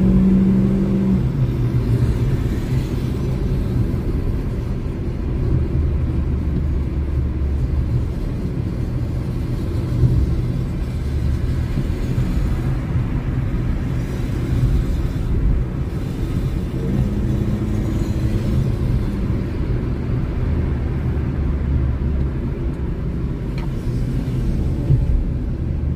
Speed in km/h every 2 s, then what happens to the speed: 87, 72, 66, 64, 66, 65, 67, 72, 78, 66, 56, 49, 55.
0-5 brakes to 64. 5-10 steady at about 65. 10-17 speeds up to 78. 17-21 brakes to 49.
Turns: none.